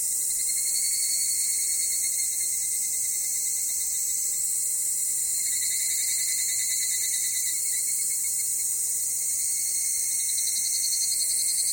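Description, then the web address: Insect chorus of continuous high-pitched buzzing trills, several overlapping layers holding steady throughout. Summer insects at Takao. "Sound Effects-Foundation 1 AMBIENCE TAKAO SUMMER INSECTS"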